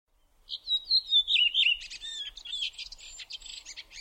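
Bird song: a run of clear whistled notes slipping downward, then a fast, buzzy jumble of chattering notes that carries on to the end.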